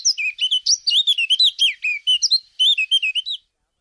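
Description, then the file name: Eurasian blackcap song: a rapid, varied warbling phrase of clear whistled and chattering notes, running about three and a half seconds before stopping. "moenchsgrasmuecke"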